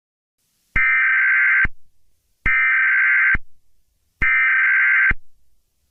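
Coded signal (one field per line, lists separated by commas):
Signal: Emergency Alert System (SAME) tones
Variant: header bursts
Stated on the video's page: Fictional EAS scenario.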